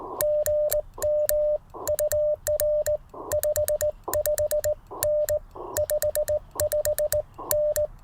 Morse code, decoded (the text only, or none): GM UR 55N 55N